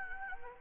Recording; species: mosquito wingbeat signal from an infrared sensor; Anopheles gambiae